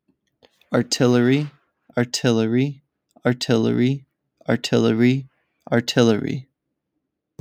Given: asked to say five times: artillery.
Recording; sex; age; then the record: repeated word; male; 30 to 39 years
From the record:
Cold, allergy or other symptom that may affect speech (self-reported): no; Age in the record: 30 years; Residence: Florida, United States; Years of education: 16